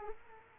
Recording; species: mosquito wingbeat signal from an infrared sensor; Culex quinquefasciatus